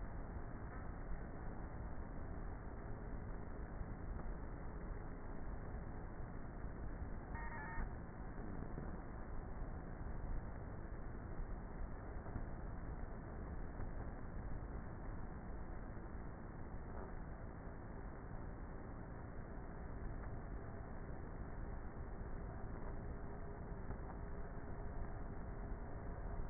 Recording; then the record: honeybee colony, microphone inside the hive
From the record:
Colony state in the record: queenless with a low population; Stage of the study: before two queens were removed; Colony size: about 30,000 bees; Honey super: no